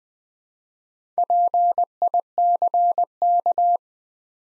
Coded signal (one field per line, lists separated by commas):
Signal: Morse code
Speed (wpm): 20 wpm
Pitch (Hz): 700 Hz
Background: none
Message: PICK